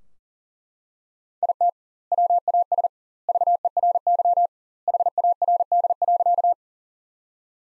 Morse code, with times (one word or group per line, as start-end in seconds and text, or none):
1.4-1.7 IT
2.1-2.9 WAS
3.3-4.5 VERY
4.9-6.5 HARD.